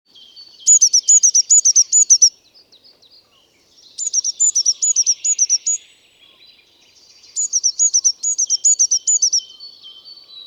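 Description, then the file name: Eurasian blue tit uttering three fast runs of high doubled notes, each run about two seconds long with short pauses, over faint high twittering. "Cyanistes caeruleus"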